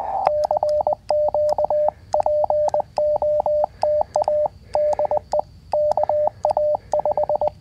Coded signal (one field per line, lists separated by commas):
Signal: Morse code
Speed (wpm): 19 wpm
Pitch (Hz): 600 Hz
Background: radio noise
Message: CQ POTA DE KA5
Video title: QRP CW POTA Activation | 20m QCX Mini + Packtenna EFHW | First-Person CW Copy Practice